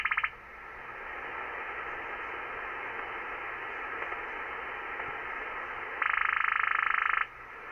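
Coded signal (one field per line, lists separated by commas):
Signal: radar signal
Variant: over-the-horizon radar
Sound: hiss with two rapid buzzing, croaking pulse bursts, one brief and one about a second long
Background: radio static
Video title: Over The Horizon Radar August 14th, 2016 at 07:20 UTC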